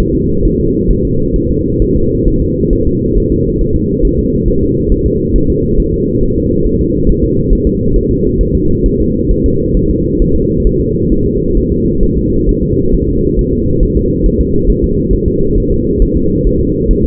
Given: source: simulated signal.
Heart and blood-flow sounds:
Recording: fetal heart sounds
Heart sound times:
0.00 s: S1
0.15 s: S2
0.45 s: S1
0.60 s: S2
0.91 s: S1
1.05 s: S2
1.36 s: S1
1.51 s: S2
1.82 s: S1
1.97 s: S2
2.28 s: S1
2.42 s: S2
2.73 s: S1
2.88 s: S2
3.18 s: S1
3.32 s: S2
3.61 s: S1
3.76 s: S2
4.05 s: S1
4.19 s: S2
4.48 s: S1
4.63 s: S2
4.92 s: S1
5.06 s: S2
5.36 s: S1
5.50 s: S2
5.80 s: S1
5.94 s: S2
6.23 s: S1
6.38 s: S2
6.66 s: S1
6.81 s: S2
7.09 s: S1
7.24 s: S2
7.53 s: S1
7.67 s: S2
7.96 s: S1
8.11 s: S2
8.41 s: S1
8.55 s: S2
8.86 s: S1
9.00 s: S2
9.31 s: S1
9.46 s: S2
9.77 s: S1
9.91 s: S2
10.22 s: S1
10.36 s: S2
10.67 s: S1
10.81 s: S2
11.12 s: S1
11.26 s: S2
11.57 s: S1
11.72 s: S2
12.03 s: S1
12.18 s: S2
12.49 s: S1
12.63 s: S2
12.94 s: S1
13.09 s: S2
13.39 s: S1
13.53 s: S2
13.83 s: S1
13.97 s: S2
14.26 s: S1
14.41 s: S2
14.70 s: S1
14.84 s: S2
15.13 s: S1
15.28 s: S2
15.58 s: S1
15.72 s: S2
16.02 s: S1
16.17 s: S2
16.47 s: S1
16.61 s: S2
16.91 s: S1
17.05 s: S2
From the record:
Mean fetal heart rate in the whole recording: 135 bpm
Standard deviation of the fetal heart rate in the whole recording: 3 bpm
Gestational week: 36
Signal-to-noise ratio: -15.3 dB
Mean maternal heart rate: 72 bpm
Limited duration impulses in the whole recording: present

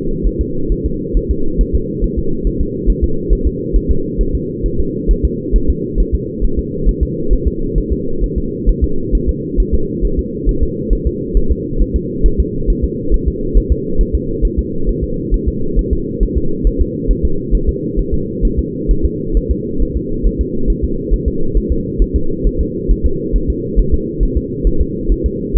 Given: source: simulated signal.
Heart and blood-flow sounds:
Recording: fetal heart sounds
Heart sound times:
0.27 s: S1
0.41 s: S2
0.72 s: S1
0.86 s: S2
1.17 s: S1
1.31 s: S2
1.61 s: S1
1.75 s: S2
2.04 s: S1
2.19 s: S2
2.47 s: S1
2.61 s: S2
2.90 s: S1
3.04 s: S2
3.33 s: S1
3.47 s: S2
3.76 s: S1
3.91 s: S2
4.21 s: S1
4.35 s: S2
4.66 s: S1
4.80 s: S2
5.11 s: S1
5.25 s: S2
5.56 s: S1
5.70 s: S2
6.00 s: S1
6.15 s: S2
6.45 s: S1
6.59 s: S2
6.89 s: S1
7.03 s: S2
7.33 s: S1
7.47 s: S2
7.78 s: S1
7.92 s: S2
8.24 s: S1
8.38 s: S2
8.69 s: S1
8.84 s: S2
9.15 s: S1
9.29 s: S2
9.60 s: S1
9.74 s: S2
10.05 s: S1
10.19 s: S2
10.49 s: S1
10.63 s: S2
10.93 s: S1
11.07 s: S2
11.37 s: S1
11.51 s: S2
11.82 s: S1
11.96 s: S2
12.26 s: S1
12.40 s: S2
12.70 s: S1
12.84 s: S2
13.14 s: S1
13.28 s: S2
13.57 s: S1
13.72 s: S2
14.01 s: S1
14.15 s: S2
14.45 s: S1
14.59 s: S2
14.89 s: S1
15.04 s: S2
15.34 s: S1
15.48 s: S2
15.79 s: S1
15.93 s: S2
16.23 s: S1
16.37 s: S2
16.67 s: S1
16.81 s: S2
17.11 s: S1
17.25 s: S2
17.55 s: S1
17.69 s: S2
17.99 s: S1
18.14 s: S2
18.45 s: S1
18.59 s: S2
18.91 s: S1
19.05 s: S2
19.37 s: S1
19.51 s: S2
19.82 s: S1
19.97 s: S2
20.27 s: S1
20.41 s: S2
20.70 s: S1
20.84 s: S2
21.13 s: S1
21.28 s: S2
21.57 s: S1
21.72 s: S2
22.02 s: S1
22.16 s: S2
22.47 s: S1
22.61 s: S2
22.91 s: S1
23.06 s: S2
23.36 s: S1
23.50 s: S2
23.79 s: S1
23.94 s: S2
24.23 s: S1
24.37 s: S2
24.67 s: S1
24.81 s: S2
25.12 s: S1
25.26 s: S2
25.57 s: S1
From the record:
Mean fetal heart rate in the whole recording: 135 bpm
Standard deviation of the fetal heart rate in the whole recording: 3 bpm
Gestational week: 36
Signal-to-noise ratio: -8.1 dB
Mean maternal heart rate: 72 bpm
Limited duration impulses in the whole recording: absent

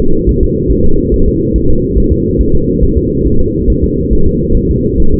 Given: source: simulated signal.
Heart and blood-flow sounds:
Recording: fetal heart sounds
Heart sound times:
0.00 s: S2
0.29 s: S1
0.43 s: S2
0.71 s: S1
0.85 s: S2
1.14 s: S1
1.28 s: S2
1.56 s: S1
1.70 s: S2
1.98 s: S1
2.12 s: S2
2.41 s: S1
2.55 s: S2
2.83 s: S1
2.97 s: S2
3.26 s: S1
3.41 s: S2
3.70 s: S1
3.84 s: S2
4.13 s: S1
4.27 s: S2
4.57 s: S1
4.71 s: S2
5.00 s: S1
5.14 s: S2
From the record:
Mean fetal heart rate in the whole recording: 140 bpm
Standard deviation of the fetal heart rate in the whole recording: 2 bpm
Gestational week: 34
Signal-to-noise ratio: -19.1 dB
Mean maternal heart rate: 72 bpm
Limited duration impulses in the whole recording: present

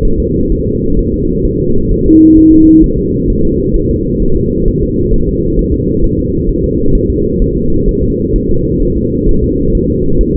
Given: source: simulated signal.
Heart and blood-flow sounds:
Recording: fetal heart sounds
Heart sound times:
0.05 s: S1
0.20 s: S2
0.52 s: S1
0.67 s: S2
0.99 s: S1
1.14 s: S2
1.45 s: S1
1.60 s: S2
1.91 s: S1
2.06 s: S2
2.38 s: S1
2.52 s: S2
2.84 s: S1
2.99 s: S2
3.30 s: S1
3.45 s: S2
3.76 s: S1
3.91 s: S2
4.22 s: S1
4.37 s: S2
4.68 s: S1
4.83 s: S2
5.14 s: S1
5.29 s: S2
5.59 s: S1
5.74 s: S2
6.04 s: S1
6.19 s: S2
6.49 s: S1
6.64 s: S2
6.95 s: S1
7.10 s: S2
7.42 s: S1
7.57 s: S2
7.89 s: S1
8.03 s: S2
8.36 s: S1
8.51 s: S2
8.83 s: S1
8.97 s: S2
9.29 s: S1
9.44 s: S2
9.75 s: S1
9.90 s: S2
10.21 s: S1
10.36 s: S2
From the record:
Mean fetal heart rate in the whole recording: 130 bpm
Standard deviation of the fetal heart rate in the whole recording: 4 bpm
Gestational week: 38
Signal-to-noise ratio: -16.4 dB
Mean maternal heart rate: 72 bpm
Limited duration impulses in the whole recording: present

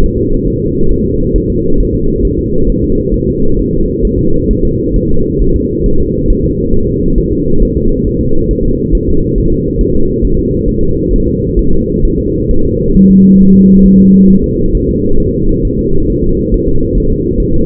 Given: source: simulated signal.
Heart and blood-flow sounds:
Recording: fetal heart sounds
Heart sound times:
0.04 s: S1
0.18 s: S2
0.48 s: S1
0.62 s: S2
0.92 s: S1
1.06 s: S2
1.36 s: S1
1.50 s: S2
1.80 s: S1
1.95 s: S2
2.25 s: S1
2.39 s: S2
2.69 s: S1
2.84 s: S2
3.14 s: S1
3.28 s: S2
3.59 s: S1
3.74 s: S2
4.05 s: S1
4.19 s: S2
4.51 s: S1
4.65 s: S2
4.96 s: S1
5.11 s: S2
5.42 s: S1
5.56 s: S2
5.86 s: S1
6.00 s: S2
6.30 s: S1
6.45 s: S2
6.74 s: S1
6.88 s: S2
7.18 s: S1
7.32 s: S2
7.62 s: S1
7.77 s: S2
8.07 s: S1
8.21 s: S2
8.51 s: S1
8.65 s: S2
8.95 s: S1
9.09 s: S2
9.38 s: S1
9.52 s: S2
9.81 s: S1
9.95 s: S2
10.24 s: S1
10.39 s: S2
10.69 s: S1
10.83 s: S2
11.13 s: S1
11.28 s: S2
11.59 s: S1
11.73 s: S2
12.05 s: S1
12.19 s: S2
12.51 s: S1
12.65 s: S2
12.96 s: S1
13.11 s: S2
13.41 s: S1
13.55 s: S2
13.86 s: S1
14.00 s: S2
14.30 s: S1
14.44 s: S2
14.75 s: S1
14.89 s: S2
15.20 s: S1
15.34 s: S2
15.65 s: S1
15.79 s: S2
16.10 s: S1
16.24 s: S2
16.54 s: S1
16.68 s: S2
16.98 s: S1
17.12 s: S2
17.40 s: S1
17.54 s: S2
From the record:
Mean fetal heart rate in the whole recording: 135 bpm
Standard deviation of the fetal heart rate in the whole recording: 3 bpm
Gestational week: 36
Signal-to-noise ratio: -17.7 dB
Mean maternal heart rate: 72 bpm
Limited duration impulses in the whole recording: present

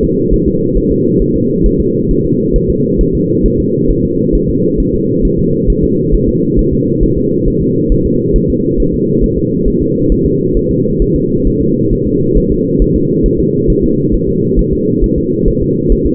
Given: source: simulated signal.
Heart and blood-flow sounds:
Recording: fetal heart sounds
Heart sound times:
0.04 s: S2
0.34 s: S1
0.48 s: S2
0.77 s: S1
0.92 s: S2
1.22 s: S1
1.36 s: S2
1.66 s: S1
1.81 s: S2
2.11 s: S1
2.25 s: S2
2.56 s: S1
2.70 s: S2
3.01 s: S1
3.15 s: S2
3.46 s: S1
3.60 s: S2
3.91 s: S1
4.05 s: S2
4.35 s: S1
4.50 s: S2
4.80 s: S1
4.94 s: S2
5.25 s: S1
5.39 s: S2
5.70 s: S1
5.84 s: S2
6.15 s: S1
6.29 s: S2
6.59 s: S1
6.73 s: S2
7.03 s: S1
7.18 s: S2
7.48 s: S1
7.62 s: S2
7.92 s: S1
8.06 s: S2
8.36 s: S1
8.50 s: S2
8.80 s: S1
8.94 s: S2
9.24 s: S1
9.38 s: S2
9.68 s: S1
9.82 s: S2
10.12 s: S1
10.26 s: S2
10.57 s: S1
10.71 s: S2
11.02 s: S1
11.16 s: S2
11.47 s: S1
11.62 s: S2
11.93 s: S1
12.07 s: S2
12.37 s: S1
12.52 s: S2
12.82 s: S1
12.96 s: S2
13.26 s: S1
13.40 s: S2
13.70 s: S1
13.84 s: S2
14.14 s: S1
14.29 s: S2
14.59 s: S1
14.73 s: S2
15.04 s: S1
15.18 s: S2
15.48 s: S1
15.62 s: S2
15.92 s: S1
16.06 s: S2
From the record:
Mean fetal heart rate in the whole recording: 135 bpm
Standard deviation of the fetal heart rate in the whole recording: 3 bpm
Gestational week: 36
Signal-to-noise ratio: -11.2 dB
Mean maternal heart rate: 72 bpm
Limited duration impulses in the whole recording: present

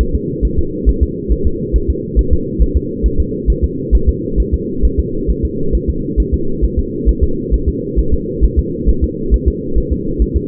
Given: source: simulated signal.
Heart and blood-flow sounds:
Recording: fetal heart sounds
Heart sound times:
0.01 s: S1
0.15 s: S2
0.45 s: S1
0.59 s: S2
0.89 s: S1
1.03 s: S2
1.32 s: S1
1.47 s: S2
1.76 s: S1
1.90 s: S2
2.19 s: S1
2.33 s: S2
2.62 s: S1
2.77 s: S2
3.06 s: S1
3.20 s: S2
3.50 s: S1
3.64 s: S2
3.95 s: S1
4.09 s: S2
4.40 s: S1
4.54 s: S2
4.85 s: S1
5.00 s: S2
5.30 s: S1
5.45 s: S2
5.75 s: S1
5.90 s: S2
6.20 s: S1
6.34 s: S2
6.65 s: S1
6.79 s: S2
7.09 s: S1
7.23 s: S2
7.54 s: S1
7.69 s: S2
7.99 s: S1
8.14 s: S2
8.45 s: S1
8.59 s: S2
8.89 s: S1
9.04 s: S2
9.34 s: S1
9.48 s: S2
9.78 s: S1
9.93 s: S2
10.22 s: S1
10.37 s: S2
From the record:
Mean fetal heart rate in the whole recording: 135 bpm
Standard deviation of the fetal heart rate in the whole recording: 3 bpm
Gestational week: 34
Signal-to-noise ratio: -8.1 dB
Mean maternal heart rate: 72 bpm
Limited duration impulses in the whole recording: absent

